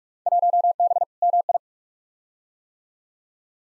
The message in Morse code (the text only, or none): 1B MI